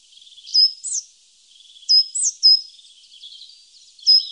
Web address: Faglar Sound Svartmes